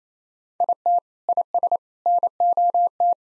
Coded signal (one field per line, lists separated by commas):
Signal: Morse code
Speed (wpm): 28 wpm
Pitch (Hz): 700 Hz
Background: none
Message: IT IS NOT